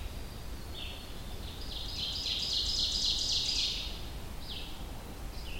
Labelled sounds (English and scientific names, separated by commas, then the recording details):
Ovenbird (Seiurus aurocapilla) song
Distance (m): 35 m
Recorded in boreal forest in Alberta, Canada, on 25 June 2016 at 06:51
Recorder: SongMeter 3, array SBT-6-76
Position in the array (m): 25 m, 110 m
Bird 2